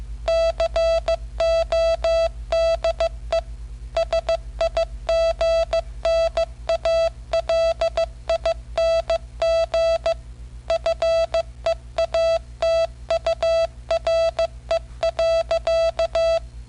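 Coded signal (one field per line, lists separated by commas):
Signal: Morse code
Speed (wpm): 15 wpm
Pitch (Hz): 660 Hz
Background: none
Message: CODE SIGNALING FEATURE.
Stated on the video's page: Morse code keyed by an M6800 microcomputer using a keying method described in a 1976 BYTE magazine article.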